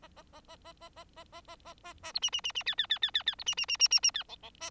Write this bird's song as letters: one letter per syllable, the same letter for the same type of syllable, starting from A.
A A A A A A A A A A A A A B C C C C D D D D D D B C C C C C C D E E A